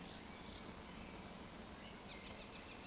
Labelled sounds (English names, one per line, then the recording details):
Eurasian Woodcock whistle
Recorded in Baden-Württemberg, Germany, on 11 June 2020 at 19:59 UTC
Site 14569, 102 m above sea level